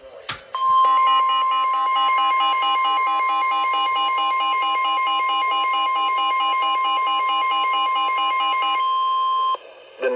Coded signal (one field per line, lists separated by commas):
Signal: Emergency Alert System (SAME) tones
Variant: 1050 Hz attention tone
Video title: EAS #34 (SVR)